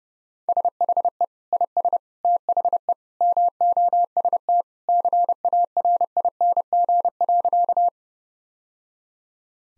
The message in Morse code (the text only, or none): SHE IS THE MOST CARING.